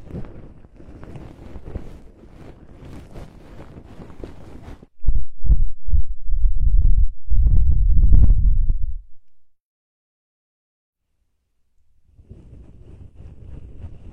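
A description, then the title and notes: Soft, fluffy ear-cleaning strokes open with a quiet crackly brushing for about five seconds. Louder, muffled low thumps follow in quick pulses, swelling into a dense rubbing rumble until around nine seconds, then silence, before gentle rustling resumes near the end. Removes fluffy earwax, numbs the ear without harshness, produces delicate sound.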